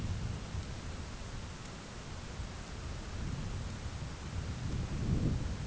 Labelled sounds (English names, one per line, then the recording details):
none
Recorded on Arctic tundra, site ZACK-1, on 11 June 2019
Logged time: 11:49